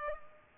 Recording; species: mosquito wingbeat signal from an infrared sensor; Culex pipiens